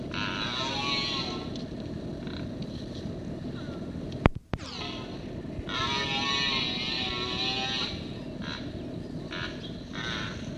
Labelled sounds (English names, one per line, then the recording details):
Red Deer rut call
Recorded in captivity
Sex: male
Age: adult
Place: Tierpark Berlin, Berlin, DE
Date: 1965-10-01
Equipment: Englisches Reportergerät, Kopie Qualiton
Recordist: Altmann, Dagmar
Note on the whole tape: Rothirsch "Heinrich": Brunftrufe